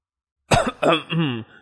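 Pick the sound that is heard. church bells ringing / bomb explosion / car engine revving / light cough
light cough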